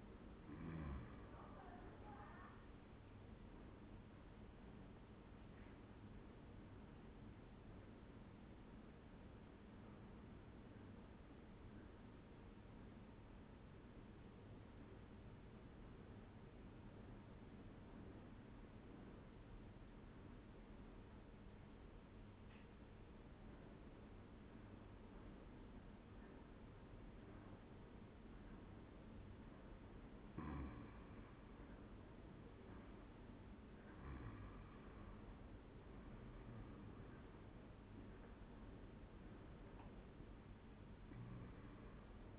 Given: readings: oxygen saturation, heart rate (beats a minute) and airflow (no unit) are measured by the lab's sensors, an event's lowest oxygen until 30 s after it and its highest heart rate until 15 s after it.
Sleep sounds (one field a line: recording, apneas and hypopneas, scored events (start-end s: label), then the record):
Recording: breathing in sleep by a voice recorder at the bedside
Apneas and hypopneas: 1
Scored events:
14.00-29.60 s: obstructive apnea (N2, oxygen 96% highest, then 90% lowest, heart rate 71 at the start, 84 highest)
14.00-42.39 s: new sleep stage, N2 (light sleep)
From the record:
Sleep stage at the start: N1 (lightest sleep)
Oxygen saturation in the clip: 89 to 96%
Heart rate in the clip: 71 to 84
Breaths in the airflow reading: 4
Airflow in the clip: -10.8 to 9.8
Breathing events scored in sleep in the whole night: 131 in 7.2 hours asleep